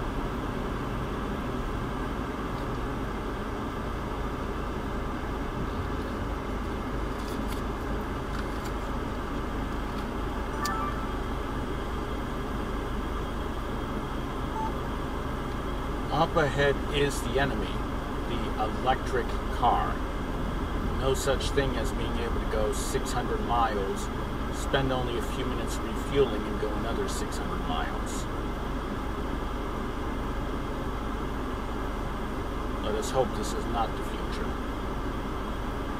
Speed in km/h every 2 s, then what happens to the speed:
13, 0, 0, 0, 0, 0, 0, 0, 0, 0, 0, 0, 0, 0, 0, 0, 0, 0.
0-2 brakes to 0. 2-36 standing.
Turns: none.